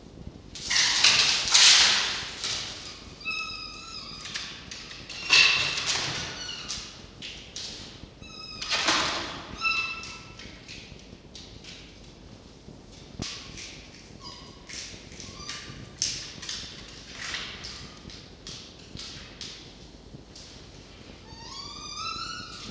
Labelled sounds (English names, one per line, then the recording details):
Red Fox
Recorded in captivity
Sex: male
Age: adult
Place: Zoologisches Institut der HUB, Berlin, DE
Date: 1952-11-20 18:50
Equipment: Elmetra
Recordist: Tembrock, Günter